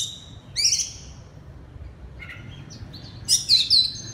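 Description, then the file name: Oriental magpie-robin giving a few short, sharp whistled phrases separated by quiet pauses. Singing loudly in the 'ngeplong' song style. "suara kacer ngeplong keras"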